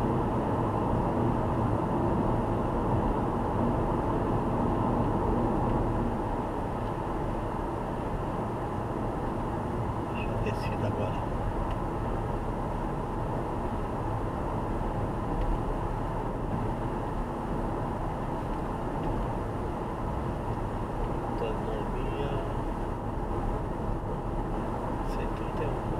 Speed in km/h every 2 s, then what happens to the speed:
95, 94, 92, 90, 90, 89, 88, 89, 88, 88, 88, 89, 89.
0-11 slows to 88. 11-26 steady at about 88.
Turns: none.